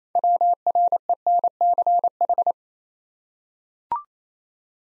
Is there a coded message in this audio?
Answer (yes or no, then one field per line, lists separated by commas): yes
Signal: Morse code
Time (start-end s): 0.2-2.5 s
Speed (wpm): 28 wpm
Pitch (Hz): 700 Hz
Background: none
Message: WRENCH